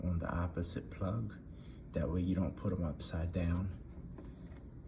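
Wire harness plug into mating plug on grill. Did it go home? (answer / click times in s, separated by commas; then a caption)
yes / 4.2 s. Someone talks while the two halves of a keyed wiring harness plug on a black Gravity Series 560 Digital WiFi charcoal grill and smoker are pushed together. A small, quiet click at 4.2 s marks the tab latching, and the plug is seated.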